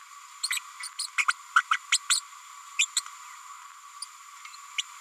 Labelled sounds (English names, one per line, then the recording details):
Green-rumped Parrotlet babbling
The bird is a female
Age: 30 days
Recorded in a nest box in Venezuela
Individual 17B102A6